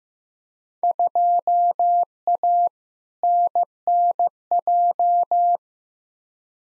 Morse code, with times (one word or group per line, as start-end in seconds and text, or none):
0.8-2.7 2A
3.2-5.6 NNJ